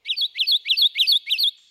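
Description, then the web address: Kentucky Warbler song of five quick, ringing two-syllable phrases repeated at a steady rhythm, with no other sounds. "birdnote-daily- episodio kentucky-warbler"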